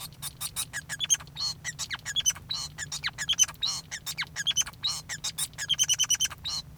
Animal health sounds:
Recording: song of a male Bengalese finch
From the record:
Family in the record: son of father 5

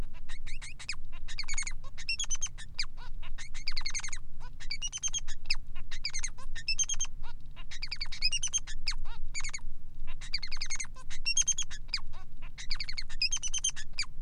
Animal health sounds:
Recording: song of a male Bengalese finch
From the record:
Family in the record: son of father 3

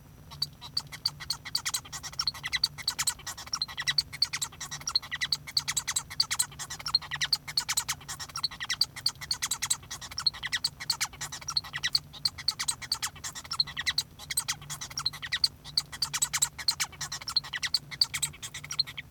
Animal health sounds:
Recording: song of a male Bengalese finch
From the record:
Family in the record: son of father 1

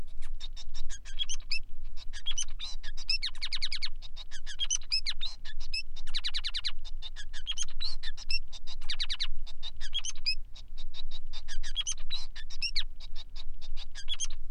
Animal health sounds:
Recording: song of a male Bengalese finch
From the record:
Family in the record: son of father 5

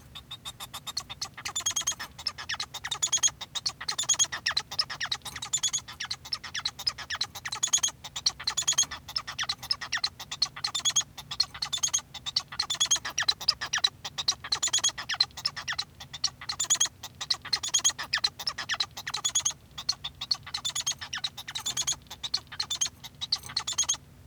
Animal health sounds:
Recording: song of a male Bengalese finch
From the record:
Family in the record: son of father 1

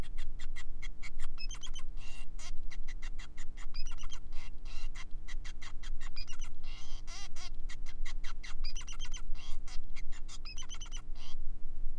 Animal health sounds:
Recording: song of a male Bengalese finch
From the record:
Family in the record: son of father 5

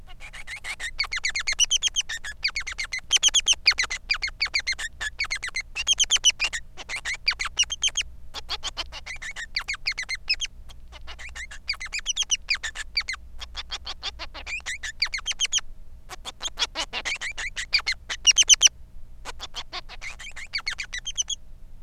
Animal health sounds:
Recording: song of a male Bengalese finch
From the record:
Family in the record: son of father 3

